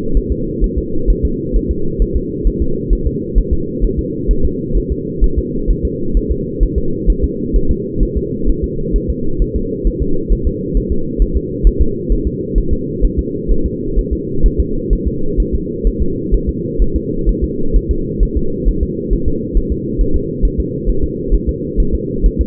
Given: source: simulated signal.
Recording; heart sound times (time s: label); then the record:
fetal heart sounds
0.17 s: S1
0.32 s: S2
0.64 s: S1
0.78 s: S2
1.10 s: S1
1.25 s: S2
1.56 s: S1
1.71 s: S2
2.02 s: S1
2.16 s: S2
2.47 s: S1
2.62 s: S2
2.93 s: S1
3.07 s: S2
3.38 s: S1
3.53 s: S2
3.84 s: S1
3.99 s: S2
4.31 s: S1
4.45 s: S2
4.77 s: S1
4.92 s: S2
5.24 s: S1
5.39 s: S2
5.71 s: S1
5.85 s: S2
6.17 s: S1
6.31 s: S2
6.63 s: S1
6.78 s: S2
7.10 s: S1
7.24 s: S2
7.56 s: S1
7.71 s: S2
8.03 s: S1
8.17 s: S2
8.49 s: S1
8.64 s: S2
8.96 s: S1
9.10 s: S2
9.42 s: S1
9.56 s: S2
9.87 s: S1
10.02 s: S2
10.32 s: S1
10.47 s: S2
10.77 s: S1
10.92 s: S2
11.22 s: S1
11.37 s: S2
11.67 s: S1
11.82 s: S2
12.12 s: S1
12.27 s: S2
12.58 s: S1
12.73 s: S2
13.05 s: S1
13.19 s: S2
13.51 s: S1
13.66 s: S2
13.99 s: S1
14.13 s: S2
14.46 s: S1
14.60 s: S2
14.93 s: S1
15.07 s: S2
15.40 s: S1
15.55 s: S2
15.87 s: S1
16.02 s: S2
16.34 s: S1
16.49 s: S2
16.82 s: S1
16.96 s: S2
17.29 s: S1
17.44 s: S2
17.76 s: S1
17.91 s: S2
18.23 s: S1
18.37 s: S2
18.68 s: S1
18.83 s: S2
19.13 s: S1
19.28 s: S2
19.57 s: S1
19.72 s: S2
20.01 s: S1
20.16 s: S2
20.45 s: S1
20.60 s: S2
20.90 s: S1
21.04 s: S2
21.34 s: S1
21.49 s: S2
21.80 s: S1
21.95 s: S2
22.26 s: S1
22.41 s: S2
From the record:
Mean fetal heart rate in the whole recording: 130 bpm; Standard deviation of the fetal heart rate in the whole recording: 2 bpm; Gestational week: 36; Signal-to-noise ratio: -8.1 dB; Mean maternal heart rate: 72 bpm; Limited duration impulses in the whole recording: absent